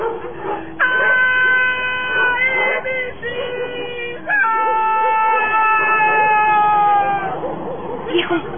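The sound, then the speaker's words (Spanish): A woman's eerie wailing cry at night, two long drawn-out high moans that waver and slowly sink in pitch, loud and sustained over a low rumbling background. “cuando la llorona repite su llanto y se escucha cerca, es porque se va a llevar a alguien”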